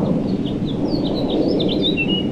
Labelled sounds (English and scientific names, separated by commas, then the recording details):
House Finch (Haemorhous mexicanus) song
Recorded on Long Island, New York, on 26 May 2012
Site OB
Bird A